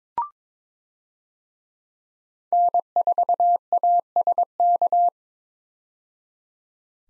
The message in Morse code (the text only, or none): N4ASK